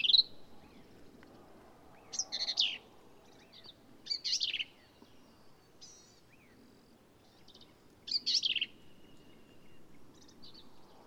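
Black-capped vireo giving fainter high phrases of slurred and buzzy notes at irregular intervals, over soft background noise.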